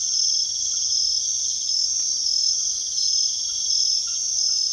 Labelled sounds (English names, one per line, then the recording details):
none
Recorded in secondary vegetation near Puerto Asís, Putumayo, Colombia, on 21 February 2024 at 02:30
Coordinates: 0.500, -76.326
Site G6428